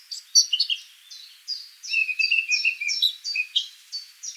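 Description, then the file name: Eurasian blackcap singing a fast series of high descending notes, with a lower run of chattering tones beneath in places. "Sylvia atricapilla"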